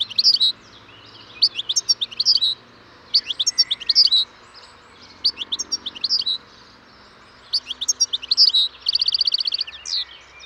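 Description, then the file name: European goldfinch song: bursts of bright, tinkling twitters and chirps in phrases about a second long, separated by short pauses, with a rapid trill near the end. "Carduelis carduelis"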